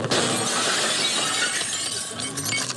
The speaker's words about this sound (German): Es geht los mit einem Bruch. Drei Männer schlagen nachts die Glastür eines Radiogeschäfts ein. Die Einbrecher haben es auf die Fernsehgeräte abgesehen.